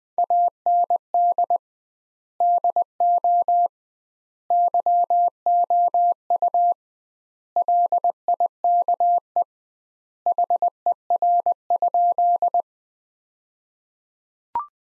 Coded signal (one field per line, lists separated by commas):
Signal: Morse code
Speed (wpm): 20 wpm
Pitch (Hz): 700 Hz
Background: none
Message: AND DO YOU LIKE HER?